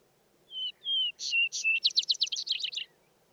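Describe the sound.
Vesper sparrow song: two drawn-out whistles, a couple of higher notes, then a rapid, ringing trill of about a dozen notes.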